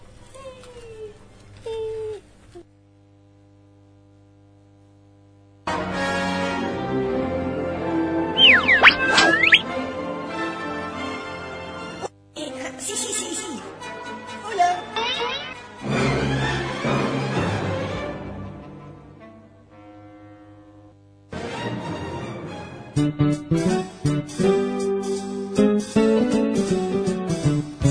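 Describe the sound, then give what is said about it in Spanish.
A children's song sung in Spanish plays, a bright sung melody over light instrumental backing, moving through several sections with short pauses after a brief quiet opening. “Vamos a escuchar una canción”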